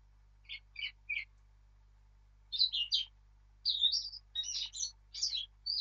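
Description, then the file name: Eurasian blackcap song: a few soft notes, then after a pause a louder, faster warble of varied notes. "Sylvia atricapilla"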